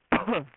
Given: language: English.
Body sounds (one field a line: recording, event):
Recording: throat vibration sensor signal played as sound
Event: cough